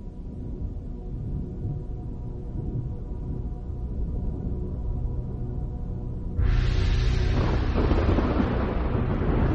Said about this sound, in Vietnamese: Hai bên lao vào quần ẩu, hàng loạt những luồng bụi đất bị quấn lên, thần chú thoăn thoắt được đọc, gió bão nổi đùng đùng.